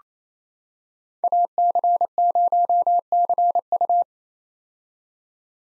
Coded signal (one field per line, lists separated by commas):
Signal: Morse code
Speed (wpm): 28 wpm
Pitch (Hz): 700 Hz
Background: none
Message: AC0CU